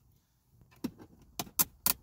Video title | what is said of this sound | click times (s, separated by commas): WHERE IS THE DOOR CODE FOR 2008 2009 2010 2011 2012 FORD ESCAPE MERCURY MARINER DOOR CODE LOCATION | then you're gonna just wanna lift up, and you can hear it snap. | 1.4 s, 1.9 s